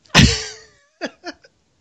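A single loud, explosive cough from an adult man with a rough, voiced tail fading over about half a second, followed by three short, weaker bursts. A deep, chesty 'old man cough' that comes on when he laughs.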